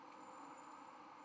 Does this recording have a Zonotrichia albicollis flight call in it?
no